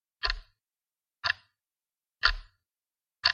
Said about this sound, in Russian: Часы оказались под стать каблукам, громкими и звонкими, бесстрастно приближая конец времен.